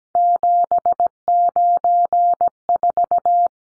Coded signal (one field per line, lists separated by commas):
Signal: Morse code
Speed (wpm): 17 wpm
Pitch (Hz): 700 Hz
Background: none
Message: 794